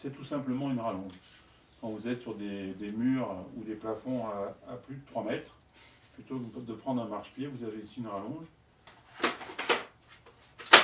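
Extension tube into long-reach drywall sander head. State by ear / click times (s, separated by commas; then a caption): seated / 10.7 s. An extension tube is fitted onto the head of a Flex GIRAFF GE7 long-reach drywall sander while someone talks, and handling knocks follow from about 8.9 s. It clips into place with a sharp click at 10.7 s.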